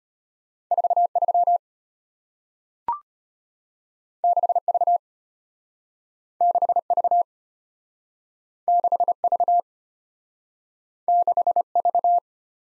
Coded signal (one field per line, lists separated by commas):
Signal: Morse code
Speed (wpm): 34 wpm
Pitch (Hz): 700 Hz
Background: none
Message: 43 6V 6V 6V 6V